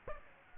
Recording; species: mosquito wingbeat signal from an infrared sensor; Aedes aegypti